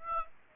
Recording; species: mosquito wingbeat signal from an infrared sensor; Aedes aegypti